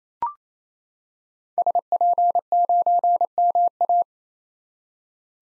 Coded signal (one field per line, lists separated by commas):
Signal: Morse code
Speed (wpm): 28 wpm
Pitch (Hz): 700 Hz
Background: none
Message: SP9MA